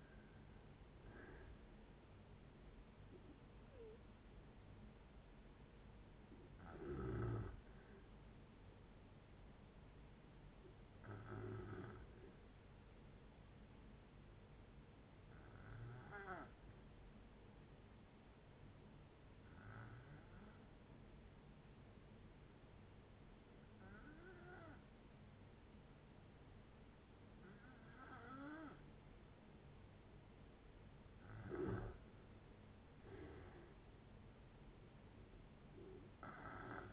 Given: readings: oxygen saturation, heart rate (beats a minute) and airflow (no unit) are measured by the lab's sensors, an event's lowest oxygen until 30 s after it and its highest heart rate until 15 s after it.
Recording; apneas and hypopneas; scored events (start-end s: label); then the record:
breathing in sleep by a voice recorder at the bedside; 1
1.00-31.00 s: new sleep stage, N1 (lightest sleep)
13.00-32.80 s: hypopnea (N1, oxygen 96% highest, then 86% lowest)
31.00-36.93 s: new sleep stage, N2 (light sleep)
From the record:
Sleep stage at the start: N3 (deep sleep); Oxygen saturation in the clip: 83 to 96%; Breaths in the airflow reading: 5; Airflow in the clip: -7.8 to 5.5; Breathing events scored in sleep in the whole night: 496 in 5.4 hours asleep